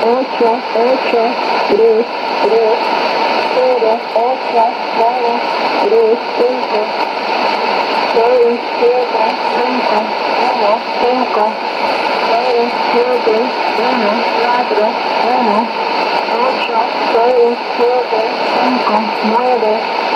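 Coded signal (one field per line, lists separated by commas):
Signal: numbers station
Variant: HM01, Spanish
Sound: a voice reading single digits at an even pace, in groups, over constant radio hiss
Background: radio static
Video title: 16 12 2016 Cuban Spy Numbers HM01 in Spanish 0856 on 9240 Bejucal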